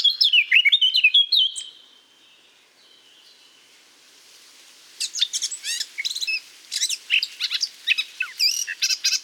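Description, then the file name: Eurasian blackcap warbling briefly, then a quiet gap of about three seconds, then another burst of sharp chattering and whistled notes. "Sylvia atricapilla"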